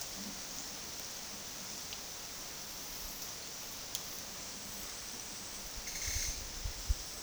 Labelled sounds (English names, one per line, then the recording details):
none
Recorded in secondary vegetation near Puerto Asís, Putumayo, Colombia, on 20 February 2024 at 13:00
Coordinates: 0.468, -76.324
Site G6381